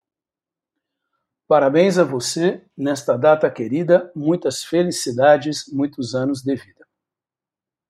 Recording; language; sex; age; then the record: short text; Brazilian Portuguese; male; 50 to 59 years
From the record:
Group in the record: control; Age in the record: 53 years